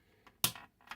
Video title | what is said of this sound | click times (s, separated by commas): Bandai 1/72 "Perfect Grade" Millennium Falcon Part 4 | and that one snapped into place there we go | 0.4 s